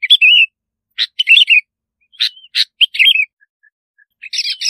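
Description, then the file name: Bulbul song: bright warbled whistled phrases with short sharp notes between, repeated several times. "Tieng chao mao bong lau"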